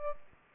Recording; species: mosquito wingbeat signal from an infrared sensor; Aedes albopictus